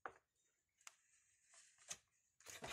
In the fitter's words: oturdu bu şekilde olacak